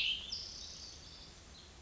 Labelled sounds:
Cassin's Vireo
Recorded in Sonoma County, California

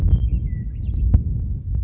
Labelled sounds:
Western Meadowlark
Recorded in Sonoma County, California

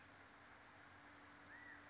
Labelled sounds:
California Quail
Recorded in Sonoma County, California

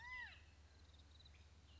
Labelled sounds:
California Quail
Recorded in Sonoma County, California

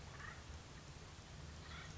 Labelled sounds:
Acorn Woodpecker
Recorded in Sonoma County, California

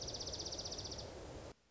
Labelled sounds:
Dark-eyed Junco
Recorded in Sonoma County, California

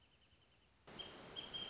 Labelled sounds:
Wrentit
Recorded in Sonoma County, California

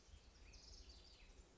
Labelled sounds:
House Wren
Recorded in Sonoma County, California

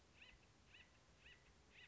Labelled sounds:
Acorn Woodpecker
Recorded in Sonoma County, California

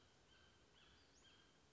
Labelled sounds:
Western Flycatcher
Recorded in Sonoma County, California

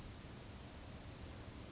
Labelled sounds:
Pacific Wren
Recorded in Sonoma County, California

